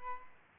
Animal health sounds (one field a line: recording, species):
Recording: mosquito wingbeat signal from an infrared sensor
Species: Aedes aegypti